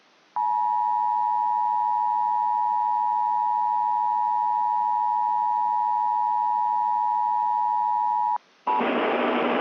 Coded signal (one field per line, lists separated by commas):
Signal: Emergency Alert System (SAME) tones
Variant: 853 and 960 Hz attention tone